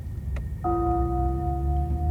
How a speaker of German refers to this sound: Beim Gongschlag ist es 24 Uhr.